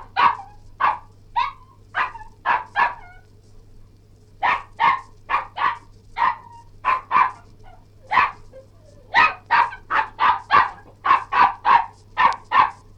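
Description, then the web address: Cairn terrier giving quick runs of sharp barks broken by brief silences, the final run fast and dense, a low steady hum throughout. Barking and yelping. "BBC Cairn T"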